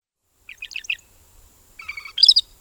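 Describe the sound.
Northern Shrike calls: a quick run of chirpy notes, then after a pause a buzzy phrase followed by a sharper, harsher burst of high notes.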